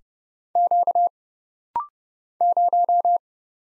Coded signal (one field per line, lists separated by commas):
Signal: Morse code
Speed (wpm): 30 wpm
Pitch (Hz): 700 Hz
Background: none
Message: Q 0